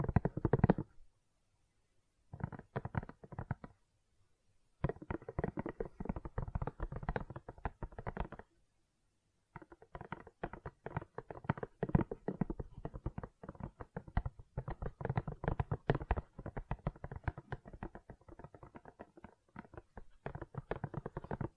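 Gentle silicone sounds come as dense bursts of soft squishing and crackling taps, separated by short silent pauses, then running steadily after ten seconds.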